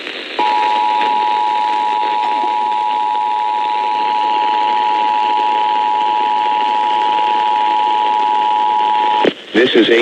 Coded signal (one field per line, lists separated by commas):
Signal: Emergency Alert System (SAME) tones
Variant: 853 and 960 Hz attention tone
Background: speech